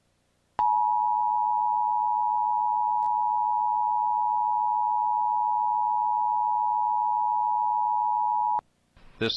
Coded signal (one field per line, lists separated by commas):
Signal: Emergency Alert System (SAME) tones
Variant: 853 and 960 Hz attention tone